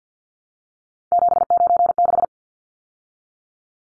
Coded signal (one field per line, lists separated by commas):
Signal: Morse code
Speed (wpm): 50 wpm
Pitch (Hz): 700 Hz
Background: none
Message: 796